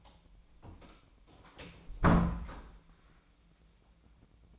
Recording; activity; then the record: daily activity, microphone in the room; close door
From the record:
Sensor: 1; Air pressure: 1009.3 hPa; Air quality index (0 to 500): 186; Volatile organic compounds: 4 ppm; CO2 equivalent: 1563 ppm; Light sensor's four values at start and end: 62/147/65/71 and 63/149/66/72